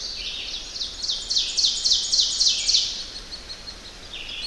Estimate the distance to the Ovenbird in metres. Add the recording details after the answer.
about 30 m. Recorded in boreal forest in Alberta, Canada, on 10 June 2016 at 07:52. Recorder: SongMeter 3, array SBT-3-39. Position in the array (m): 217 m, 172 m. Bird 17